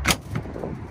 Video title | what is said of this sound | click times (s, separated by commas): Ram 1500 Bed Cover Install (2019+) | put it in the little nook down until it clicks | 0.4 s